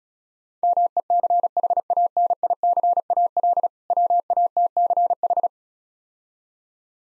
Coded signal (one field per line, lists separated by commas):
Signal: Morse code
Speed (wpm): 36 wpm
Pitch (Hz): 700 Hz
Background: none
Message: MECHANICAL WATCH